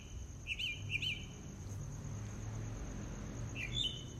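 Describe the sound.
Mockingbird song: two matching chirped notes in quick succession, a pause, then a higher sharp phrase, with a constant high-pitched insect drone behind.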